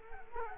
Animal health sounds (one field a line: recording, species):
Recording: mosquito wingbeat signal from an infrared sensor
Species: Culex quinquefasciatus